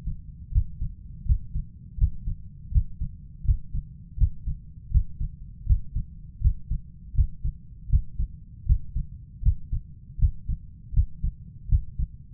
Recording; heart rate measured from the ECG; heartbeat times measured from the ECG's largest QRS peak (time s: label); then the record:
heart sounds by stethoscope; 81 bpm
0.51 s: heartbeat
1.25 s: heartbeat
1.97 s: heartbeat
2.71 s: heartbeat
3.44 s: heartbeat
4.17 s: heartbeat
4.90 s: heartbeat
5.65 s: heartbeat
6.40 s: heartbeat
7.14 s: heartbeat
7.89 s: heartbeat
8.65 s: heartbeat
9.42 s: heartbeat
10.18 s: heartbeat
10.93 s: heartbeat
11.68 s: heartbeat
From the record:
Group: healthy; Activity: Valsalva maneuver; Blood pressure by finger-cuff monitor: 137/103 mmHg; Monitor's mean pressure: 111 mmHg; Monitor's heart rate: 81 bpm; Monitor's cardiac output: 6.5 L/min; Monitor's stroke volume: 80 mL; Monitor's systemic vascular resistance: 1240 dyn s/cm5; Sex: male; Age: 23 years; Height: 179 cm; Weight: 87 kg